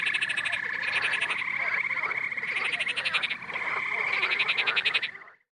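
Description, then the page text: Frogs trilling: rapid pulsed trills in bursts over a steady high buzzing tone. "Frogs Trilling. DailySounds"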